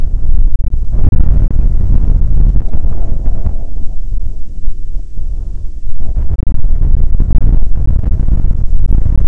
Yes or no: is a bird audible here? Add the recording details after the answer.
no. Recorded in the Prudhoe Bay oil fields, Alaska, on 10 August 2019 at 16:47. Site 13